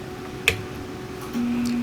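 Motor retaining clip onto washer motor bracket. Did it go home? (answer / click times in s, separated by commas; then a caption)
yes / 0.5 s. A metal spring retaining clip on the top of a top-load washer motor is pushed down hard and snaps home with a sharp click at 0.5 s, seating onto the motor and its mounting bracket so it now holds the motor up. A faint tick follows at 1.7 s, and a steady low hum rises from about 1.3 s.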